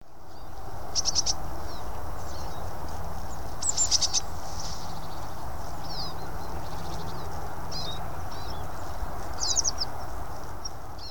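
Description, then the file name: Eurasian blue tit calls: three brief bursts of high, thin, rapidly repeated notes a few seconds apart, set against a constant low rumbling background noise. "Cyanistes caeruleus"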